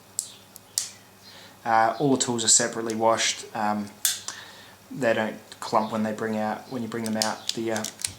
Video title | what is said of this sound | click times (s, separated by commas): Heavy Duty Three Way - Super Tool vs Surge Vs Swisstool | everything locks snaps into place very satisfying Snick | 0.2 s, 0.8 s